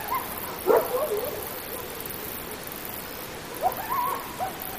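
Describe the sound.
Coyote vocalising: two short bouts of wavering yips and howls against steady background hiss.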